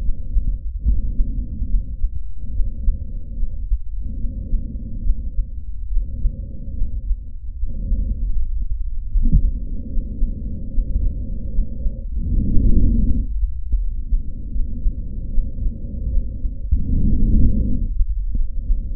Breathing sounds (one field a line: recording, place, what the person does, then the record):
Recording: lung sounds by stethoscope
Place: trachea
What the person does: quiet breathing, then deep breathing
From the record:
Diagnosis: interstitial lung disease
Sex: female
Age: 60 years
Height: 152 cm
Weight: 55.9 kg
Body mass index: 24.2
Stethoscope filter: bell mode